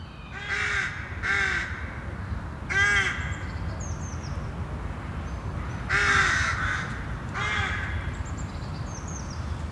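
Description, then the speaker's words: Rooks giving harsh, grating caws in irregular bursts, with higher squeaky notes between, over a steady low rumble. Rooks calling from treetops in a breeding colony with several nests, Lund, Skåne, Sweden. "Ovanför mig i trädkronorna ropar råkorna."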